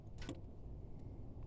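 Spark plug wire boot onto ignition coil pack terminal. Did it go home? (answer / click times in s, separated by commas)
yes / 0.3 s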